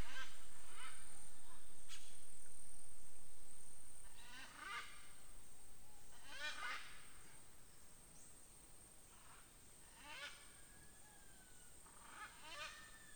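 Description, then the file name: Parrots giving harsh, harmonic squawking calls in several short bursts at irregular intervals, over a steady background hiss. "perroquets"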